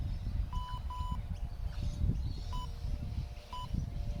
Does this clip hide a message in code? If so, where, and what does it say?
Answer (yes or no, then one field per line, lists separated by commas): no